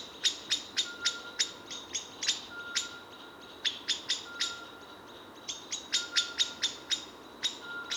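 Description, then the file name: Common blackbird giving a long series of sharp, metallic chink calls, repeated rapidly with brief pauses. "Turdus merula"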